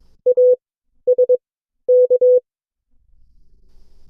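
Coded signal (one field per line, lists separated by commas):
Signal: Morse code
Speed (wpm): 22 wpm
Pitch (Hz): 500 Hz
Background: none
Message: ASK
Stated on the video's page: Morse class session from an amateur radio club.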